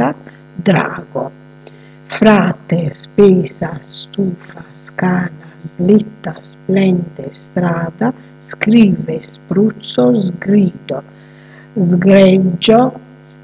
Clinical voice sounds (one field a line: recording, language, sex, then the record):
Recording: read list of words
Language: Italian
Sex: female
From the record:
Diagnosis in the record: healthy control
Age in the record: 62 years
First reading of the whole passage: 101 s, 4.7 characters per second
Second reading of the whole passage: 77 s, 5.9 characters per second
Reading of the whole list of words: 66 s, 3.9 characters per second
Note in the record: marked for poor recording quality or reading difficulty